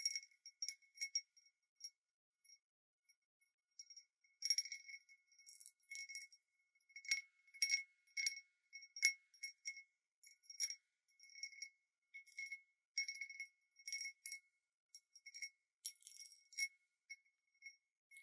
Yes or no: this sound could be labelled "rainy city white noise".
no